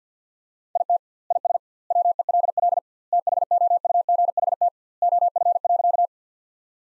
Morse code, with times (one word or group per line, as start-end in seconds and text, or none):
0.8-1.0 IT
1.3-1.6 IS
1.9-2.8 WELL
3.1-4.7 THOUGHT
5.0-6.1 OF.